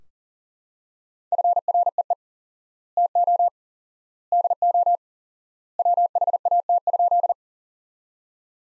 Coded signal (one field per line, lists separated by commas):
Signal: Morse code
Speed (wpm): 40 wpm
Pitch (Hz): 700 Hz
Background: none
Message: FREE TO DO WHAT?